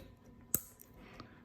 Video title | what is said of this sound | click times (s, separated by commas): March 15, 2023 | When you hear the click, you know it's done. | 0.6 s